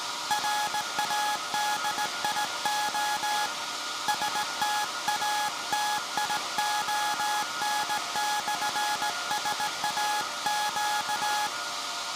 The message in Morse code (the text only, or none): RADIO STATION/SAQ